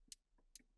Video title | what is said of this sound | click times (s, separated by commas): The Best 5G Antenna for your InvisaGig or 5G Router. The QuadLink. Full Assembly and Breakdown Video | push all the way in till it clicks | 0.1 s, 0.5 s